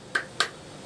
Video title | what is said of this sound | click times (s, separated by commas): remington mohawk 48 shotgun | You hear that clicking, and that's how you know it's getting tight on there. | 0.2 s, 0.4 s